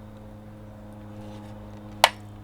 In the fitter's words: like that they snap in place